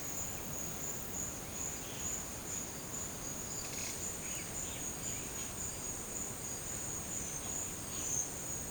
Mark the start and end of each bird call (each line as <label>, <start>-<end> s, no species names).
bird call, 3.72-4.87 s